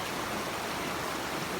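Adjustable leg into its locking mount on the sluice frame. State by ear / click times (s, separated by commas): not seated / none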